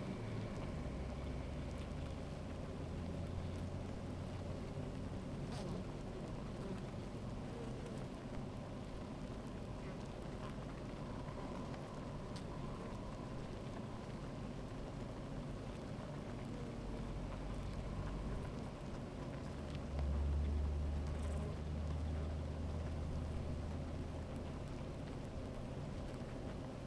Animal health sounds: honeybee colony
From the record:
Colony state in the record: active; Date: 28 July 2017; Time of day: 13:05

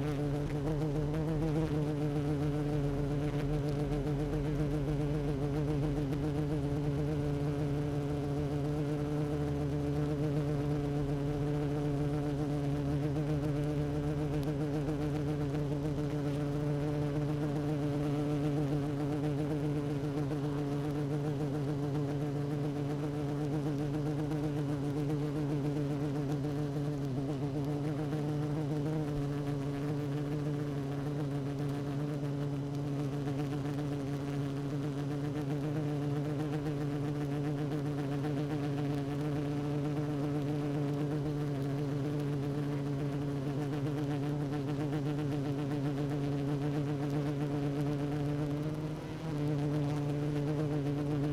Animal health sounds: honeybee colony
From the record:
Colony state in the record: active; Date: 12 June 2018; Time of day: 16:24

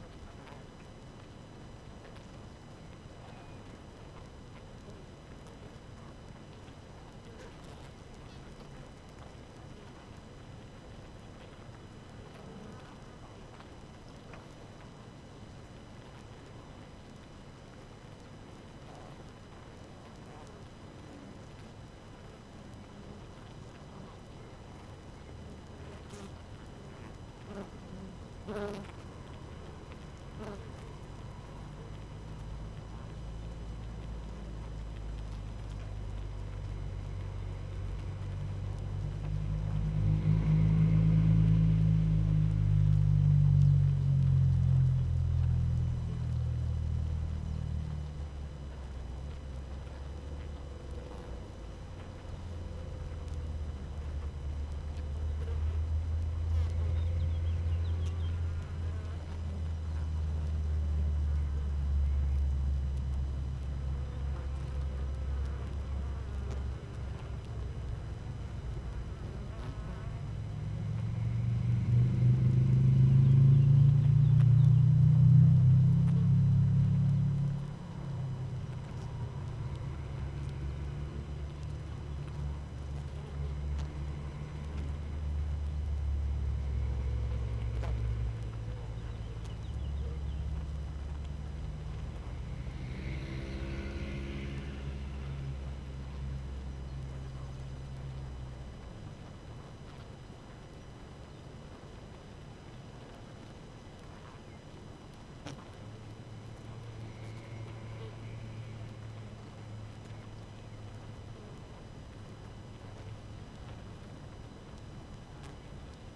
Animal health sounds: honeybee colony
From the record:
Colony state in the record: active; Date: 12 June 2018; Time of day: 5:40

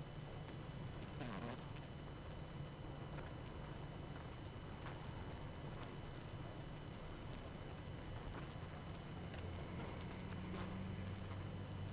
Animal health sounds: honeybee colony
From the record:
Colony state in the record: active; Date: 12 June 2018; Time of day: 22:14

